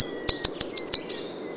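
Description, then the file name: Eurasian wren song fragment: a fast run of several high, sharply descending notes with a few sharp clicks, then quiet. "Troglodytes troglodytes"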